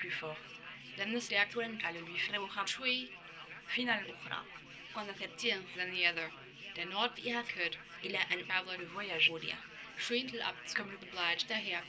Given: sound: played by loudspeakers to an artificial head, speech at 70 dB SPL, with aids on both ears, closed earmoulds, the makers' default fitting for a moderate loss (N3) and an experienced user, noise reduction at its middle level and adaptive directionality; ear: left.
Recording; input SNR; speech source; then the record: speech test signal (ISTS) in cocktail-party noise; +9 dB; in front (0 degrees)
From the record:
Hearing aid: class 2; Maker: F